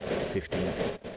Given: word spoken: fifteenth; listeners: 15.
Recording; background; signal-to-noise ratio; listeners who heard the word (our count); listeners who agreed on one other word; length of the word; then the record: one English word in noise, from a listening test; noise modulated by three-talker babble; -3.1 dB; 4 of 15; 10 of 15; 0.77 s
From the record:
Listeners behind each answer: 10, 4, 1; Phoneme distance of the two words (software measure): 7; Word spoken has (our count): 2 syllables, 7 phonemes, stress on syllable 2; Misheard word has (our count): 2 syllables, 6 phonemes, stress on syllable 2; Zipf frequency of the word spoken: 1.95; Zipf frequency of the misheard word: 3.26